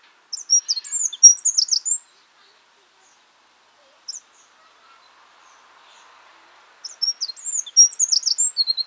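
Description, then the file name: Eurasian wren, rapid bursts of very high, sharp twittering notes lasting around two seconds, a single chip in the pause, then another fast burst. "Troglodytes troglodytes"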